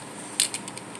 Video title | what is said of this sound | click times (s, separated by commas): Zebco 66 clean up | give it a good twist and you'll hear it pop and | 0.4 s